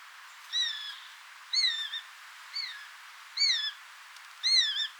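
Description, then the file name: Eurasian jay uttering five drawn, mewing, downslurred notes about one second apart, against a soft steady hiss. "Garrulus glandarius"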